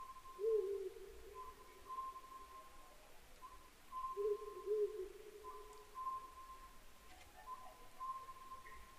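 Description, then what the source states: Oriental scops owl repeating long, steady whistled notes at one pitch, with a louder, lower hooting sound breaking in twice. Recorded 22 May 2010 at 21:06.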